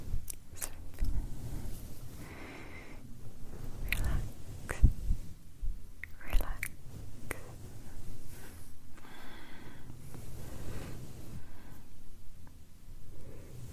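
Hand movements in layered rustles and rubs, a steady low rumble underneath, with sharp brief clicks and snaps near four, six and seven seconds.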